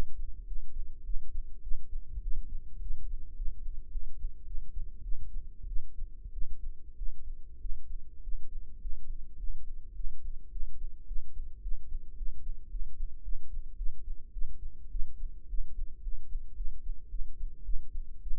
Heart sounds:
heart sounds by microphone in the right ear; 105 bpm
0.44 s: heartbeat
1.02 s: heartbeat
1.60 s: heartbeat
2.20 s: heartbeat
2.79 s: heartbeat
3.34 s: heartbeat
3.89 s: heartbeat
4.44 s: heartbeat
5.01 s: heartbeat
5.65 s: heartbeat
6.30 s: heartbeat
6.95 s: heartbeat
7.58 s: heartbeat
8.21 s: heartbeat
8.79 s: heartbeat
9.36 s: heartbeat
9.93 s: heartbeat
10.49 s: heartbeat
11.05 s: heartbeat
11.60 s: heartbeat
12.15 s: heartbeat
12.68 s: heartbeat
13.21 s: heartbeat
13.75 s: heartbeat
14.30 s: heartbeat
14.88 s: heartbeat
15.47 s: heartbeat
16.01 s: heartbeat
16.54 s: heartbeat
17.08 s: heartbeat
17.63 s: heartbeat
18.20 s: heartbeat
From the record:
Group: healthy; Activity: rest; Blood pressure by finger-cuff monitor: 139/82 mmHg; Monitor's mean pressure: 95 mmHg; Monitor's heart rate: 107 bpm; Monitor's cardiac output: 8 L/min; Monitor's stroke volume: 76 mL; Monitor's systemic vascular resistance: 880 dyn s/cm5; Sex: female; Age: 19 years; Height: 163 cm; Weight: 51 kg

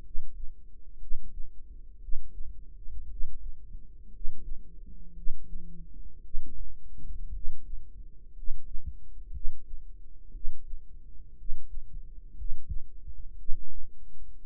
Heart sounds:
heart sounds by microphone in the right ear; 58 bpm
0.97 s: heartbeat
1.97 s: heartbeat
3.06 s: heartbeat
4.09 s: heartbeat
5.12 s: heartbeat
6.20 s: heartbeat
7.30 s: heartbeat
8.31 s: heartbeat
9.30 s: heartbeat
10.30 s: heartbeat
11.34 s: heartbeat
12.33 s: heartbeat
13.34 s: heartbeat
14.38 s: heartbeat
From the record:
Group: healthy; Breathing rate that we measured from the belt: 15 breaths a minute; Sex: male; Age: 25 years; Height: 170 cm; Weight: 70.4 kg

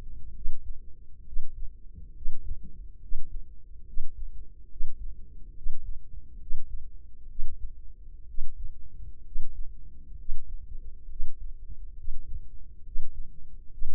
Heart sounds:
heart sounds by microphone in the left ear; 67 bpm
0.31 s: heartbeat
1.22 s: heartbeat
2.11 s: heartbeat
2.97 s: heartbeat
3.83 s: heartbeat
4.66 s: heartbeat
5.51 s: heartbeat
6.36 s: heartbeat
7.25 s: heartbeat
8.24 s: heartbeat
9.21 s: heartbeat
10.14 s: heartbeat
11.06 s: heartbeat
11.93 s: heartbeat
12.81 s: heartbeat
13.67 s: heartbeat
From the record:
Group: healthy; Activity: rest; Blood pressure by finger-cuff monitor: 106/72 mmHg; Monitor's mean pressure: 80 mmHg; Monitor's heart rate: 67 bpm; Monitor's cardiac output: 4.9 L/min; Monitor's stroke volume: 75 mL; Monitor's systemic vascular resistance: 1170 dyn s/cm5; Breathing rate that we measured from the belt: 18 breaths a minute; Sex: female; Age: 23 years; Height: 160 cm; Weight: 50.4 kg

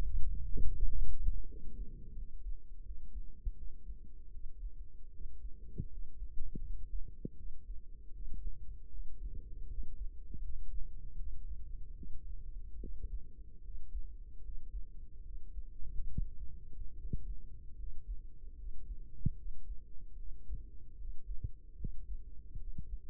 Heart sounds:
heart sounds by microphone in the right ear; 77 bpm
0.68 s: heartbeat
1.44 s: heartbeat
2.13 s: heartbeat
2.81 s: heartbeat
3.54 s: heartbeat
4.30 s: heartbeat
5.10 s: heartbeat
5.88 s: heartbeat
6.60 s: heartbeat
7.35 s: heartbeat
8.11 s: heartbeat
8.89 s: heartbeat
9.66 s: heartbeat
10.40 s: heartbeat
11.15 s: heartbeat
11.93 s: heartbeat
12.78 s: heartbeat
13.60 s: heartbeat
14.40 s: heartbeat
15.21 s: heartbeat
16.06 s: heartbeat
16.93 s: heartbeat
17.75 s: heartbeat
18.54 s: heartbeat
19.34 s: heartbeat
20.15 s: heartbeat
20.95 s: heartbeat
21.75 s: heartbeat
22.56 s: heartbeat
From the record:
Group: healthy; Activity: rest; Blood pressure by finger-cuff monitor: 137/88 mmHg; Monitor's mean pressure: 105 mmHg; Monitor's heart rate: 75 bpm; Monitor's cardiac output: 5.7 L/min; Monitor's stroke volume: 75 mL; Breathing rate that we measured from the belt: 16 breaths a minute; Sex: male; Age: 35 years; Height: 178 cm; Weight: 64 kg

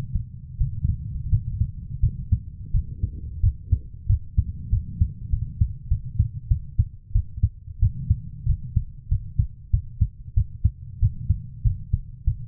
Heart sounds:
heart sounds by stethoscope; 93 bpm
0.57 s: heartbeat
1.29 s: heartbeat
2.00 s: heartbeat
2.71 s: heartbeat
3.40 s: heartbeat
4.06 s: heartbeat
4.70 s: heartbeat
5.30 s: heartbeat
5.88 s: heartbeat
6.48 s: heartbeat
7.12 s: heartbeat
7.80 s: heartbeat
8.46 s: heartbeat
9.09 s: heartbeat
9.71 s: heartbeat
10.34 s: heartbeat
11.00 s: heartbeat
11.64 s: heartbeat
12.24 s: heartbeat
From the record:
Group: healthy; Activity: breath hold 0-3 s, rest 3-12 s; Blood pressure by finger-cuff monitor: 119/74 mmHg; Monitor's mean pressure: 93 mmHg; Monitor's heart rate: 88 bpm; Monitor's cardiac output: 7.2 L/min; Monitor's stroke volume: 81 mL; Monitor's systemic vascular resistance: 960 dyn s/cm5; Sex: female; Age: 24 years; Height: 163 cm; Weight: 55.7 kg

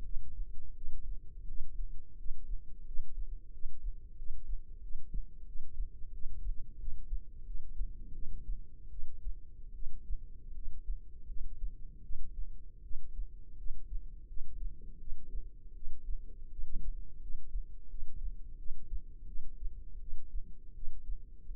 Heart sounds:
heart sounds by microphone in the left ear; 84 bpm
0.03 s: heartbeat
0.75 s: heartbeat
1.46 s: heartbeat
2.17 s: heartbeat
2.85 s: heartbeat
3.52 s: heartbeat
4.16 s: heartbeat
4.81 s: heartbeat
5.45 s: heartbeat
6.12 s: heartbeat
6.78 s: heartbeat
7.45 s: heartbeat
8.13 s: heartbeat
8.90 s: heartbeat
9.73 s: heartbeat
10.54 s: heartbeat
11.27 s: heartbeat
12.02 s: heartbeat
12.82 s: heartbeat
13.57 s: heartbeat
14.27 s: heartbeat
14.99 s: heartbeat
15.74 s: heartbeat
16.50 s: heartbeat
17.21 s: heartbeat
17.89 s: heartbeat
18.57 s: heartbeat
19.26 s: heartbeat
19.99 s: heartbeat
20.74 s: heartbeat
21.46 s: heartbeat
From the record:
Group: healthy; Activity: rest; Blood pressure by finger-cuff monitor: 89/49 mmHg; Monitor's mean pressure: 65 mmHg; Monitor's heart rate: 84 bpm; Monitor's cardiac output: 8.5 L/min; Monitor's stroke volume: 101 mL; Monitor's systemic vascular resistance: 550 dyn s/cm5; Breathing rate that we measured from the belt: 17 breaths a minute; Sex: female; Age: 22 years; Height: 161 cm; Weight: 65.5 kg

